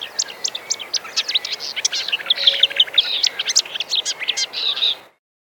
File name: kamyshovka bolotnaja